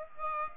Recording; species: mosquito wingbeat signal from an infrared sensor; Aedes aegypti